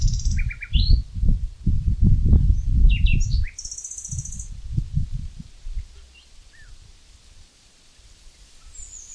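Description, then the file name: Common nightingale song of fast trilled notes, chirps and a bright high buzzy phrase, over strong low rumbling noise that fades midway. "Luscinia megarhynchos"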